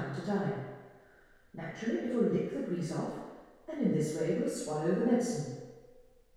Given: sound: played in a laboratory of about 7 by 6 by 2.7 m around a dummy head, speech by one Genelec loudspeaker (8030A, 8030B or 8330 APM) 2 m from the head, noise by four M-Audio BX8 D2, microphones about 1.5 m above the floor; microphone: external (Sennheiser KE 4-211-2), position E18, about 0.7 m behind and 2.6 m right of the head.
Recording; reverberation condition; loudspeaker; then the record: female speech in English; high; 150 degrees to the right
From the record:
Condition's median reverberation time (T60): about 1300 ms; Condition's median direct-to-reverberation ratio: about -4.0 dB